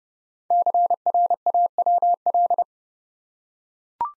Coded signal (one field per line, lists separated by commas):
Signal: Morse code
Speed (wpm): 30 wpm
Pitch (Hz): 700 Hz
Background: none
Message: CRAWL